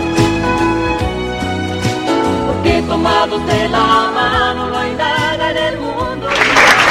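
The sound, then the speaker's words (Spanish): A live band plays a sustained, harmonically rich tune, and in the final moment a loud burst of crowd applause rises over the music as the song ends. “Ah, con los aplausos.”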